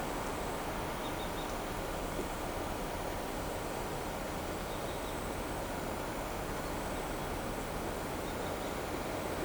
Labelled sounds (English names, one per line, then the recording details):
none
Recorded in shrubland near Pivijay, Magdalena, Colombia, on 18 April 2023 at 18:00
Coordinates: 10.453, -74.365
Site P5-G022